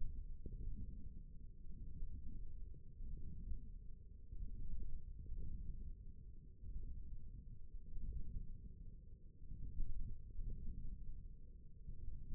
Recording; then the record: forearm muscle sounds (acoustic myography)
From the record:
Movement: wrist flexion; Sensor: system 1, eight BSWA MPA416 microphones around the upper forearm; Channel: 4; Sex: male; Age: 20 years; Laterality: left